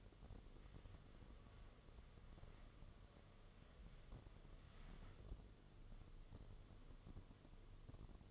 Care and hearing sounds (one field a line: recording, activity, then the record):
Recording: daily activity, microphone in the room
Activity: wipe stove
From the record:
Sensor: 4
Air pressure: 1016.0 hPa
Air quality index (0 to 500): 102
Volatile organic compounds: 2 ppm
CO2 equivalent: 1140 ppm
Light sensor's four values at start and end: 9/19/7/7 and 9/19/7/7